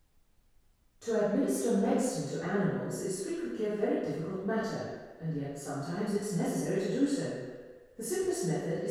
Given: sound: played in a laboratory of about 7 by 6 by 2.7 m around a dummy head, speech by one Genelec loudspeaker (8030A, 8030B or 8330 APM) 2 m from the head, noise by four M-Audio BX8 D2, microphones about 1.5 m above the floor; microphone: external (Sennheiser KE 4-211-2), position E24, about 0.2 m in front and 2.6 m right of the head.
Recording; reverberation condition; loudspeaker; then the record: female speech in English; high; 150 degrees to the right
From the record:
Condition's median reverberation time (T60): about 1300 ms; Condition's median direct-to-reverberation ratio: about -4.0 dB